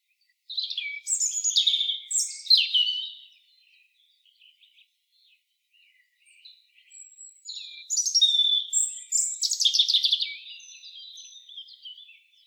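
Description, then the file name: European robin song: a rich, tumbling phrase of high thin whistles and trills lasting about three seconds, faint notes, then another varied warbling phrase. "Erithacus rubecula"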